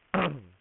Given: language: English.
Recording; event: throat vibration sensor signal played as sound; throat clearing